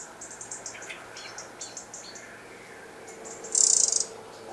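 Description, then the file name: Eurasian wren with a run of soft, high ticking notes, then one loud, dry, buzzy rattle near the end. "Troglodytes troglodytes"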